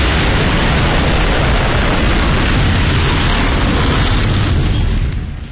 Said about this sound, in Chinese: 他的盟友日本突袭了美国在太平洋的重要军事基地珍珠港。伴随日本飞机的轰炸声，美国宣布加入二战。